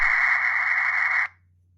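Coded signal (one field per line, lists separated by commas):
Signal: data over sound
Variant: Rattlegram OFDM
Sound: a short burst of even, rushing hiss about 1.3 seconds long, then quiet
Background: low hum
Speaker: Now I hit the PTT on one Walkie-Talkie and press “transmit” on the app. We hear a short signal, and the text is already readable on the second Smartphone.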